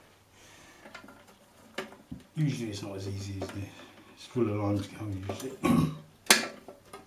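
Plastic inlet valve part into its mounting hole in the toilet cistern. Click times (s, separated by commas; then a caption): 6.3 s. Someone talks while pushing a plastic part of the inlet valve on a Roca toilet cistern, being fixed because it gets no water or is slow to fill, through a small hole in its mounting. A few faint knocks come early on, then a sharp click at 6.3 s as the part seats into place.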